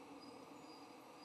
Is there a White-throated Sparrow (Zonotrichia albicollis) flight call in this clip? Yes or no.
no